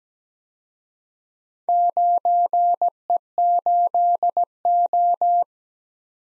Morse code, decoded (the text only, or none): 9E8O